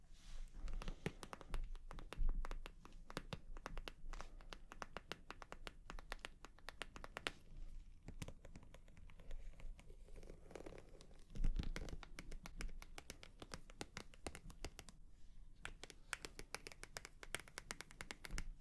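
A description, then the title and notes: Tapping in dense, quick bursts of sharp clicks, crowded together with an uneven rhythm throughout the 19 seconds. Between the clicks sits a low, steady rumble. The taps come in somewhat lighter around 8 to 11 seconds, with a stronger knock near 11.5 seconds. 100% Tapping.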